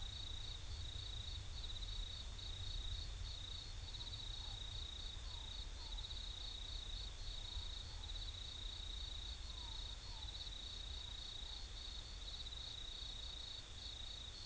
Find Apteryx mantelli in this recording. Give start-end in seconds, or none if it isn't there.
none